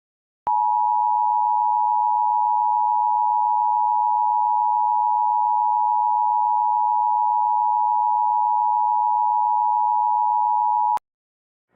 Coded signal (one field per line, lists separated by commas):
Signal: Emergency Alert System (SAME) tones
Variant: 853 and 960 Hz attention tone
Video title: EAS Scenario - Majora's Mask